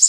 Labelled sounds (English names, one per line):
Connecticut Warbler flight call